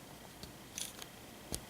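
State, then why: Seated. A red plastic foot piece on the leg of a plastic action figure is wiggled down during transformation, producing a few small plastic ticks and scrapes at 0.4, 0.8 and 1.0 seconds. It snaps into place with a sharp click at 1.5 seconds.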